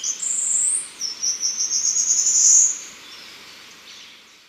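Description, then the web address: Choco Warbler song: a high sweeping note that levels into a long, fine, buzzy trill, brightening before it fades away. Ecuador. "Birds of Ecuador. Choco Warbler"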